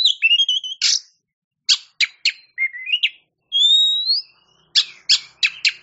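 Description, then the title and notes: Oriental magpie-robin singing a rich run of clear rising whistles, bubbly notes and scratchy chattering bursts with brief gaps between phrases. Champion bird (kacer juara). "Kicau Burung Kacer Juara. Suara Kicauan Burung Kacer Juara"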